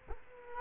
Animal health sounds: mosquito wingbeat signal from an infrared sensor; Culex quinquefasciatus

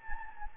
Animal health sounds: mosquito wingbeat signal from an infrared sensor; Anopheles gambiae

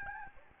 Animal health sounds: mosquito wingbeat signal from an infrared sensor; Aedes albopictus

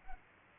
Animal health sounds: mosquito wingbeat signal from an infrared sensor; Culex quinquefasciatus

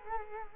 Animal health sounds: mosquito wingbeat signal from an infrared sensor; Culex quinquefasciatus

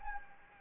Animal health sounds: mosquito wingbeat signal from an infrared sensor; Anopheles gambiae

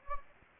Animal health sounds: mosquito wingbeat signal from an infrared sensor; Anopheles gambiae

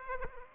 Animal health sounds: mosquito wingbeat signal from an infrared sensor; Aedes aegypti

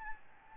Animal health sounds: mosquito wingbeat signal from an infrared sensor; Aedes albopictus

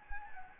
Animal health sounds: mosquito wingbeat signal from an infrared sensor; Anopheles gambiae

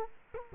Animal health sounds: mosquito wingbeat signal from an infrared sensor; Culex quinquefasciatus

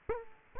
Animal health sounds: mosquito wingbeat signal from an infrared sensor; Culex quinquefasciatus

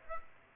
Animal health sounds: mosquito wingbeat signal from an infrared sensor; Aedes aegypti

